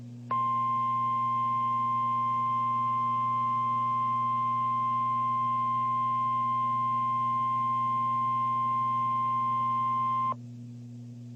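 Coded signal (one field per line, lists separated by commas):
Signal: Emergency Alert System (SAME) tones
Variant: 1050 Hz attention tone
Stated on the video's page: Real streamed double-header severe thunderstorm warning.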